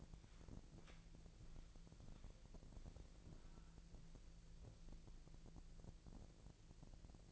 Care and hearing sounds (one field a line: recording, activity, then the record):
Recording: daily activity, microphone in the room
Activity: walk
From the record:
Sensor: 5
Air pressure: 1002.2 hPa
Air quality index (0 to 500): 242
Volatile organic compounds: 28 ppm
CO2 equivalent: 2904 ppm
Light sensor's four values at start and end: 32/76/31/34 and 32/76/31/34